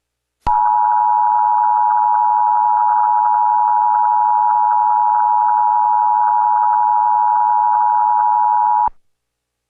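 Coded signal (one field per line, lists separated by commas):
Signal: Emergency Alert System (SAME) tones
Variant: 853 and 960 Hz attention tone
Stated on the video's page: First nationwide EAS test, recorded from a Verizon FiOS cable box in Tampa, FL.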